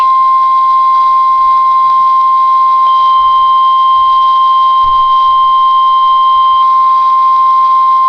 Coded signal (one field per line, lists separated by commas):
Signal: Emergency Alert System (SAME) tones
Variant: 1050 Hz attention tone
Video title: EAS #84 - Severe Thunderstorm Warning